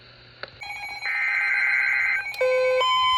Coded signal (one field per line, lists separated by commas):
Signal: Emergency Alert System (SAME) tones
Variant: header bursts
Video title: EAS Alerts From 3/15-3/16/25: A Compilation (EAS 512-533)